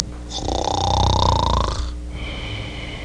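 A single snore from an adult sleeper, lasting about a second and a half, with a low, fluttering rattle from vibrating soft tissue in the airway. A fainter whistling tone follows as the breath tails off. This is ordinary snoring.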